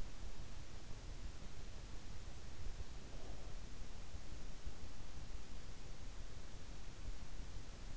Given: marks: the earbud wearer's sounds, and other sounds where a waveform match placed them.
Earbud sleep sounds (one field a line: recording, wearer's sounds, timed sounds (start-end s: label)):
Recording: sounds in sleep by an in-ear microphone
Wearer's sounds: breath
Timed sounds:
2.52-4.12 s: breath